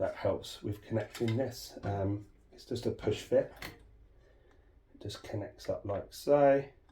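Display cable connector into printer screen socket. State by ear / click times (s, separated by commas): not seated / none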